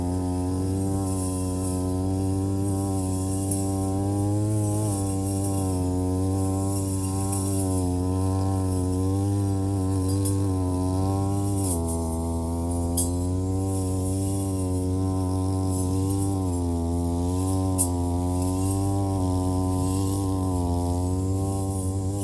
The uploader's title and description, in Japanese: ひたすら草刈り機で草刈り。草刈り機でネギの列、そして畑まわりを刈っていきます。